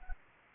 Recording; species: mosquito wingbeat signal from an infrared sensor; Anopheles arabiensis